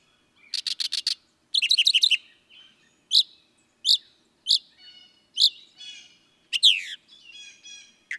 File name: Northern Mockingbird